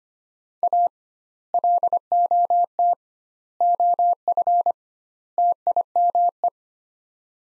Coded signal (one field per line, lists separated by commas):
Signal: Morse code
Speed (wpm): 25 wpm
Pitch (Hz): 700 Hz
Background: none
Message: A LOT OF TIME